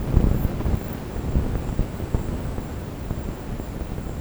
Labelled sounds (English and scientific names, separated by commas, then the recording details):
none
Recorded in pastures near Puerto Asís, Putumayo, Colombia, on 24 March 2025 at 14:30
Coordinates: 0.472, -76.329
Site G074